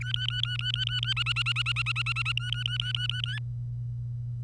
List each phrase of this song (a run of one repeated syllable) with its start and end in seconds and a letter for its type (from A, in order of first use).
0.00-1.13 A, 1.17-2.32 B, 2.37-3.39 A